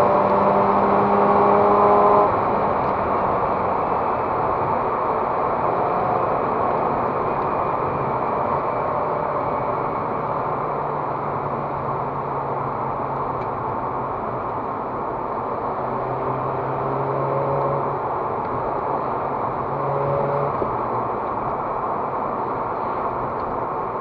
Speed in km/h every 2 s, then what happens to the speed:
136, 138, 117, 118, 112, 103, 96, 86, 89, 95, 95, 93.
2-14 brakes to 86. 14-24 steady at about 93.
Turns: none.